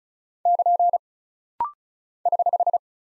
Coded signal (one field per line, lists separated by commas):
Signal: Morse code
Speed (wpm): 36 wpm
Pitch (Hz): 700 Hz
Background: none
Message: <KN> <HH>